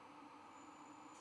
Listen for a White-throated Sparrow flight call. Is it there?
no